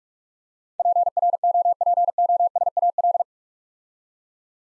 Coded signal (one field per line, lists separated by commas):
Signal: Morse code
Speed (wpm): 44 wpm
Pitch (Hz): 700 Hz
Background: none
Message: PROPOSAL